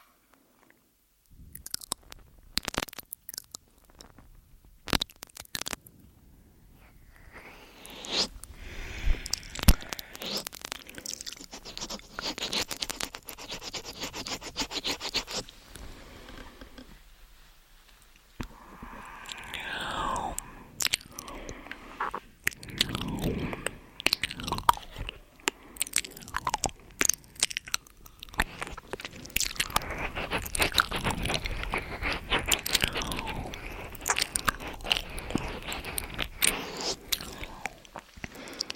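Wet mouth sounds and ear-eating noises fill the recording: sharp clicks, crunches and chewing-like smacks come in dense, irregular bursts. A near-silent pause falls around 18 seconds, then the sloppy, crackling activity resumes, busiest toward the end.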